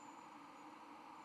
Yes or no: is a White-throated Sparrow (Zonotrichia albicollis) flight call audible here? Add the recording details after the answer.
no. No flight call is heard. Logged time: 04:55 on 13 November 2014